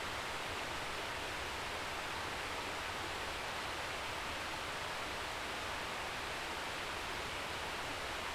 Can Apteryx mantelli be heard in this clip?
no